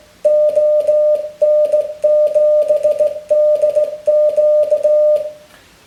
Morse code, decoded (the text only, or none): ON7DQ